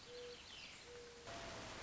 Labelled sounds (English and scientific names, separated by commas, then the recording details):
Mourning Dove (Zenaida macroura)
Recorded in Sonoma County, California